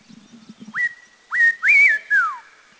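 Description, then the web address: Spotted laughingthrush giving clear whistled notes, the first three rising sharply then held, the last slurring downward; soft low rumbling before. Recorded at Dirang, India. "Sounds India Dirang Spotted LT"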